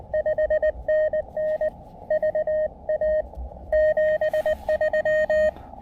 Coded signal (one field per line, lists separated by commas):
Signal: Morse code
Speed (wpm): 20 wpm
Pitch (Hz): 590 Hz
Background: radio noise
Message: 5NN VA 73